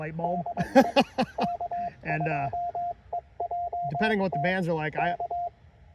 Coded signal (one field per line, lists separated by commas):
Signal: Morse code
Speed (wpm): 22 wpm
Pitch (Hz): 690 Hz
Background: speech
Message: DE K2EJT K